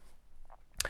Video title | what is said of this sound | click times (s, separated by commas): Pagani Design PD-1712 (Aqua-Terra Chronograph Homage) 4K Watch Review | so it snaps shut with a good positive click and it really is a very well made two button push deployment | 0.8 s